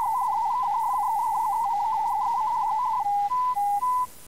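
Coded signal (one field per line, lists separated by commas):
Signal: multi-tone FSK (Olivia or MFSK type)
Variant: Contestia 4/250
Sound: fast warbling tones near 900 Hz, then four slower alternating steady tones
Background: faint steady tone, hiss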